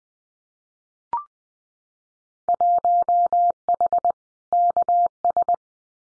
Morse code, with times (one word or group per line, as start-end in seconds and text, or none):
2.5-4.1 1H
4.5-5.5 KS